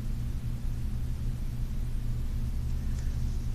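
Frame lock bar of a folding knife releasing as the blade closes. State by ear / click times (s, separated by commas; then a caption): not seated / none. The stainless frame lock bar of a Gerber Paraframe II folding knife is pushed aside as the blade is closed, but only a steady low rumble is heard, with no sharp sounds. Nothing clicks or seats when the blade shuts, a missed click blamed on too little lock bar tension.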